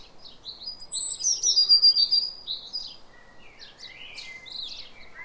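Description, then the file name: Eurasian blue tit calling with a burst of high, thin, slightly descending whistles early on, followed by quieter twittering notes. "Cyanistes caeruleus"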